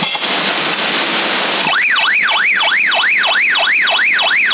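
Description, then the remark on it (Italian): A burst of harsh hiss gives way to a loud electronic alarm tone of an LPD/PMR radio that sweeps rapidly up and down in a steady, repeating wail, like a small siren, with no voices. “Questo qui è l'allarme del coso, ce l'avevo anch'io quello lì.”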